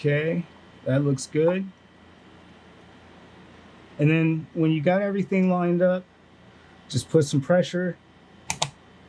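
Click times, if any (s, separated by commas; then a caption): 8.5 s, 8.6 s. A memory module is lined up and pressed into a motherboard DIMM slot while someone talks. Two sharp clicks at 8.5 and 8.6 seconds mark the retention clips closing as the module snaps in and seats.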